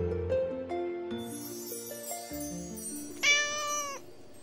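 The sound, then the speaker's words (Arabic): A single high, drawn-out kitten meow rises and fades near the end, heard over a soft backdrop of layered, sustained musical tones, in the children's audio story "The Little Cat" about a small kitten named Nora. “القطة الصغيرة.”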